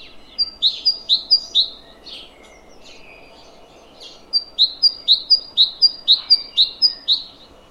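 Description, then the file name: Great tit song: two bursts of quick, evenly repeated high two-note phrases, separated by a pause with faint twittering, over a low steady hum. "Parus major"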